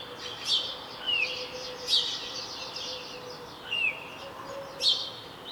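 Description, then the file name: House sparrow giving a few chirps and a couple of short descending notes, over steady background noise. "Passer domesticus"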